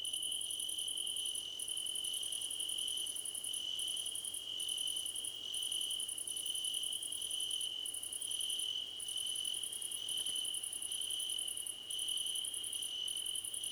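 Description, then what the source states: Crickets in full chorus, a sustained piercing trill with bursts of quick, very high chirps. Crickets chirping together in a chorus described as a choir competition.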